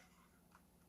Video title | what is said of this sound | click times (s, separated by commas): My $2,200 Camera Has a Major Design Flaw | They click right into place. | 0.5 s